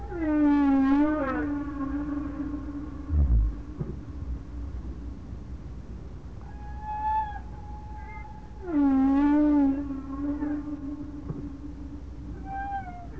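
Whale calls: two loud, harmonically rich moans that dip then hold steady, separated by a low grunt and fainter higher whistled tones.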